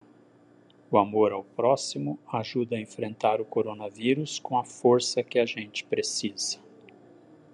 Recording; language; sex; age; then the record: spoken sentence; Brazilian Portuguese; male; 60 to 69 years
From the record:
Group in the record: control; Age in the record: 64 years